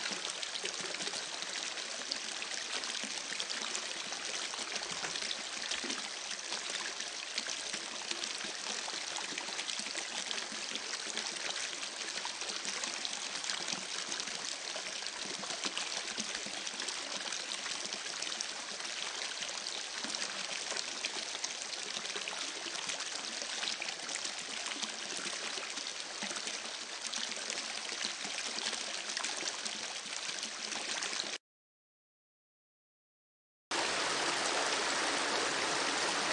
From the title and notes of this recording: Soothing Water Sounds.